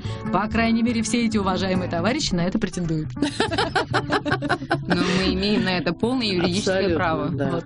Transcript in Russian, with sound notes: По крайней мере все эти уважаемые товарищи на это претендуют (все смеются)
Ну, мы имеем на это полное юридическое право.